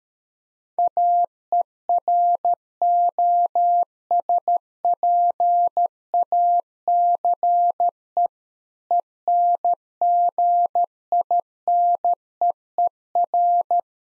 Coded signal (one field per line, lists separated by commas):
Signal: Morse code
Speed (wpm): 13 wpm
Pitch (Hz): 700 Hz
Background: none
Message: AEROSPACE ENGINEER